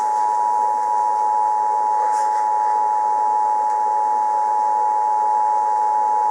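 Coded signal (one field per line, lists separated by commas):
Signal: Emergency Alert System (SAME) tones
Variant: 853 and 960 Hz attention tone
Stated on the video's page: Custom-made, not real, EAS for the 2011 tornado outbreak.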